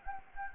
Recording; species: mosquito wingbeat signal from an infrared sensor; Anopheles gambiae